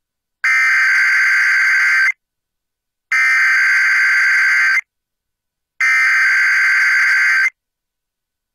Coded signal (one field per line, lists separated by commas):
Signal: Emergency Alert System (SAME) tones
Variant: header bursts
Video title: EAS #1013-1016: 1 NWR and 3 EAS Required Monthly Tests- Oct. 17, 2024- 10:16AM PDT